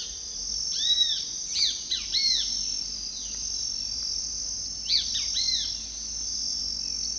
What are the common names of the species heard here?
Great Kiskadee, Violaceous Jay